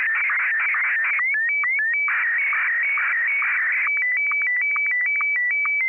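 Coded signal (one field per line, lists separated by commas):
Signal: SSTV (slow-scan television)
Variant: Martin 1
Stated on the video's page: Weekly SSTV net on an FM repeater on 441.300 MHz.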